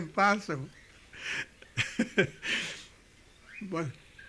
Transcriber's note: he laughs